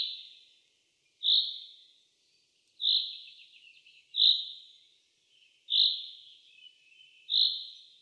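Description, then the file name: Common chaffinch giving sharp single call notes, repeated roughly every one and a half seconds with slight unevenness, and faint softer sounds between them. "Fringilla coelebs"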